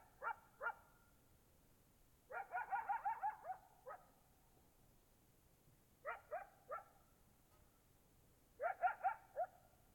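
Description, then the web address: Coyote giving four separate bursts of yips and quavering yelps, some short, one a longer wobbling run, with quiet gaps between bursts. Recorded in Oregon in 2015. "Discover Oregon - Coyotes Coyotes 2015 13 28 Sutton Close Coyote"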